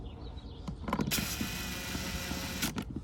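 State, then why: Stripped. An 8 mm screw holding the cabin air filter cover to the plastic housing of a 2006–2013 BMW 328i (N52/N52K, E90/E91/E92/E93) is turned with a 1/4" ratchet, giving a steady mechanical ratcheting creak with sharp ticks around 0.9, 1.0 and 2.8 seconds. The plastic thread was already stripped by a previous owner, so the screw just keeps spinning and has not seated or bottomed out.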